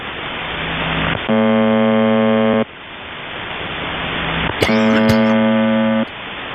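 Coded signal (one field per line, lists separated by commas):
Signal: channel marker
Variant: UVB-76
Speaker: Um I'm going to play for you first a shortwave radio receiver stream here so you can see what's up.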